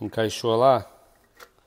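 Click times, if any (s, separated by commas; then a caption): none. Someone talks while the plastic flush-valve outlet tower of a dual-flush close-coupled toilet tank is handled, to be turned to the right to lock into its plastic base. After the talking, only faint handling ticks are heard near 1.4 and 1.6 seconds. Nothing has seated or clicked yet.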